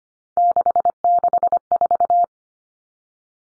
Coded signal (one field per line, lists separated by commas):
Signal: Morse code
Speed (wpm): 25 wpm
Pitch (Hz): 700 Hz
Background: none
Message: 664